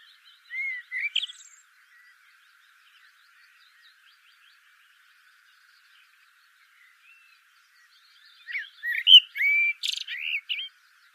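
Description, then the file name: Common blackbird singing two warbled phrases, mellow whistled notes rising into a thin, squeaky flourish, with a long silent gap between them. "Turdus merula"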